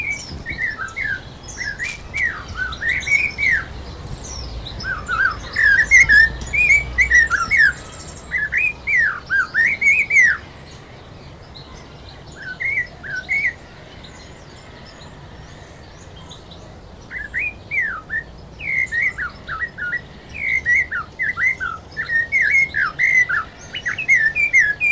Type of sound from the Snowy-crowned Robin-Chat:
song